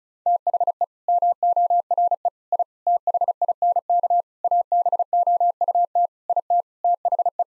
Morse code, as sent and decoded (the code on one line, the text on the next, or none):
- .... . / -- --- .-. . / .. / - .... .. -. -.- / .- -... --- ..- - / .. - / - .... .
THE MORE I THINK ABOUT IT THE